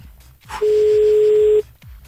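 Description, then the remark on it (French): A telephone ringback tone heard while calling: one steady, mid-pitched beep lasting about a second, clear and loud over a faint rumbling background, with silence around it. “Allez, réponds, ou donc.”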